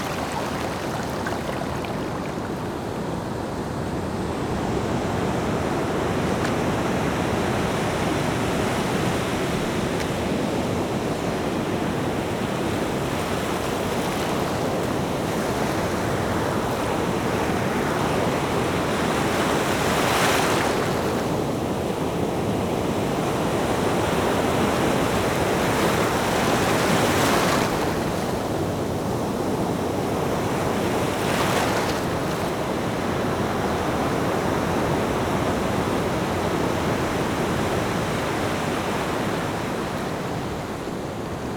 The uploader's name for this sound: The Waves Crashing at Your Feet